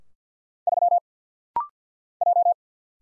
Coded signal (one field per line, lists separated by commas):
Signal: Morse code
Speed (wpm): 54 wpm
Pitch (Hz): 700 Hz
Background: none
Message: 3 J